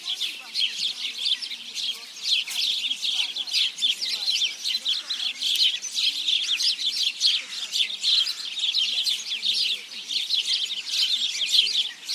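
House sparrow chirps, a dense, continuous chatter of many overlapping high chirps from a flock, steady throughout with no pauses.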